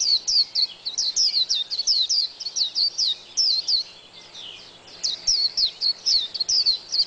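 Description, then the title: White-eye song, long series of quick high chirping notes, a pause around four seconds, then the twittering resumes. "Pleci. Burung"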